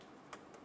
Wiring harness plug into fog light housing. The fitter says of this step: and install it into the fog light. Make sure it clicks on both sides, give it a little pull,